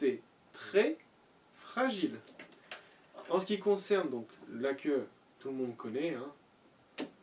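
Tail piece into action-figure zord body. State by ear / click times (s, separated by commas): seated / 7.0 s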